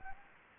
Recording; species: mosquito wingbeat signal from an infrared sensor; Anopheles gambiae